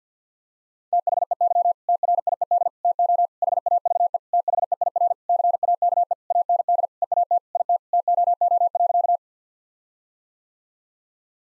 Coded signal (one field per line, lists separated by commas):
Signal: Morse code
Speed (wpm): 50 wpm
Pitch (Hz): 700 Hz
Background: none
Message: THEY TRIED TO HAVE THEIR CAKE AND EAT IT TOO.